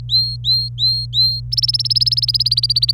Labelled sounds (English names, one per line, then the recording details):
Domestic Canary song
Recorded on 26 April 2018 at 09:28
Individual llb3